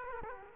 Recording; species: mosquito wingbeat signal from an infrared sensor; Culex quinquefasciatus